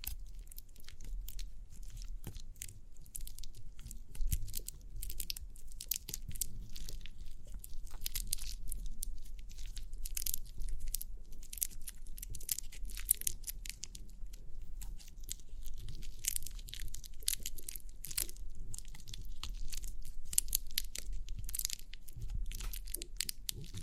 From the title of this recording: Crinkly Pimple Popping